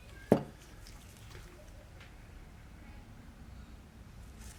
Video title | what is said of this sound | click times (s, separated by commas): Needle Stabilizers - Tattoo University | and then slid it forward until it snapped into place. | 0.3 s